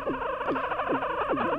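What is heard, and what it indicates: Regular falling chirps about twice a second: the much more rhythmic brain sounds of an adult woman in the midst of a seizure, with a significantly faster heartbeat, while she lies quietly in bed; the seizure may go unnoticed.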